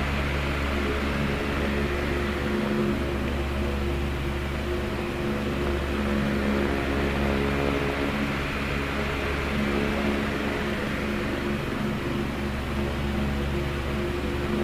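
An oscillating fan runs steadily, giving a dense, even whoosh of air over a low motor hum with a faint whine on top. The sound holds almost unchanged throughout, with only slight swells.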